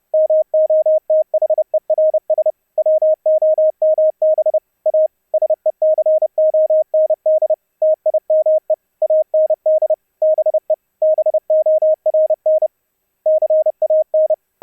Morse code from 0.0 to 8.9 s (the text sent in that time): MOTHERS WOMB A SECOND TIME